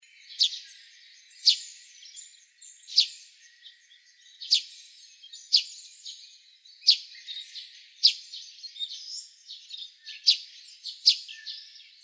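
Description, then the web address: Eurasian tree sparrow calls, a series of bright clipped chirps with quieter twitters filling the gaps. Recorded on 10 May 2015. "birdenaga suzume"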